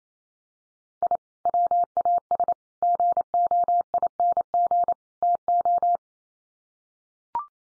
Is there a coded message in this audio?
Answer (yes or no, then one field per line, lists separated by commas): yes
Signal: Morse code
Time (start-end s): 1.0-6.0 s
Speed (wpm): 28 wpm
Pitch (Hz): 700 Hz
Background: none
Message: I WAS GOING TO